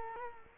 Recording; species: mosquito wingbeat signal from an infrared sensor; Culex quinquefasciatus